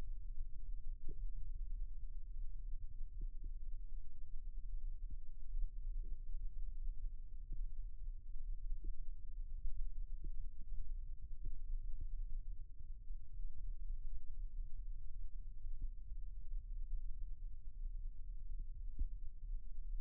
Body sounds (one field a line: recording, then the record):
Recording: forearm muscle sounds (acoustic myography)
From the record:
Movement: rest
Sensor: system 2, bracelet of six BSWA MPA416 microphones around the upper forearm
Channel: 4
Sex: male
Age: 22 years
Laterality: right